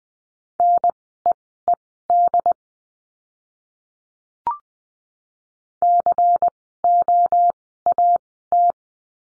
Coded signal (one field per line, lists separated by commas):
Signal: Morse code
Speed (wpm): 20 wpm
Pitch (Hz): 700 Hz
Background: none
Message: NEED COAT